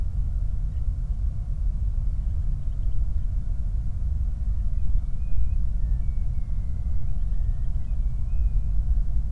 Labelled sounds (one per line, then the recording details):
loon
flare stack
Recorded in the Prudhoe Bay oil fields, Alaska, on 8 July 2019 at 00:01
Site 25